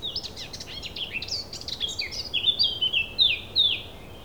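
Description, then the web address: Thrush singing a quick, varied phrase of high slurred notes that settles into a series of clear down-slurred whistles, with faint hiss behind. A single thrush. "Effects 02-Birds, Insects Animals. Birds single thrush"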